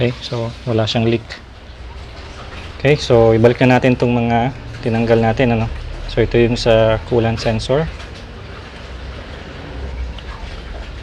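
Someone talks while handling a plastic wiring harness connector, about to reconnect it onto a replaced engine coolant temperature sensor, with a low background hum throughout. The connector has not seated or clicked yet; the clip ends before it goes home.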